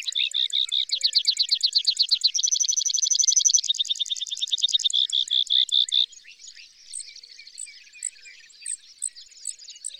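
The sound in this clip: Bird song of long rapid trills shifting in pitch for six seconds, followed by softer scattered chirps and high notes.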